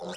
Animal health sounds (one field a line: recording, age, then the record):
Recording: pig call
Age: piglet (1 to 25 days)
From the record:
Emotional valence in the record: negative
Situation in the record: long isolation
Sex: male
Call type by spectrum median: low-frequency call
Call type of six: mixed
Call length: 0.17 s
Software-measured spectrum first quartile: 474 Hz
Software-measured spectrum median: 954 Hz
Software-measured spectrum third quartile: 3338 Hz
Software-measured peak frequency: 513 Hz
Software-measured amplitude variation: 57 dB a second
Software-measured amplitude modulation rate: 14.7 a second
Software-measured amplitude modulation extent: 3.9 dB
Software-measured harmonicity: 2.1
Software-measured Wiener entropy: -3.26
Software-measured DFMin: 1026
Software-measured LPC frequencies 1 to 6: 599, 1443, 3301, 5226, 6390, 7392 Hz